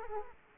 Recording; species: mosquito wingbeat signal from an infrared sensor; Culex quinquefasciatus